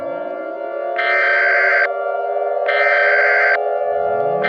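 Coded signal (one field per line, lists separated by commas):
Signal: Emergency Alert System (SAME) tones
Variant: header bursts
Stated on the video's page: Simulated EAS scenario; fictitious alert whose tones may or may not be valid.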